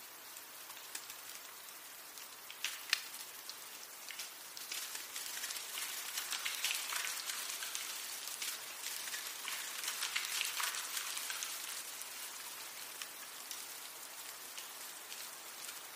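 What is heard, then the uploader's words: Melting snow drips and patters from trees in a dense, steady crackle of bright droplets, swelling a little in the middle before easing. Snowmelt: Winter Soundscape.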